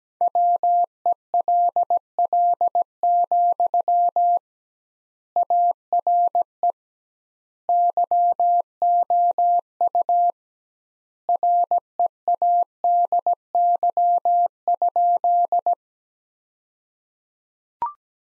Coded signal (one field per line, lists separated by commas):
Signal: Morse code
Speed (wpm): 17 wpm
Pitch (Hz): 700 Hz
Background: none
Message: WELL, ARE YOU READY?